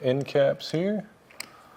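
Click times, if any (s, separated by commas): none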